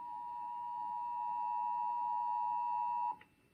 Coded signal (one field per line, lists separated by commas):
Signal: Emergency Alert System (SAME) tones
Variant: 853 and 960 Hz attention tone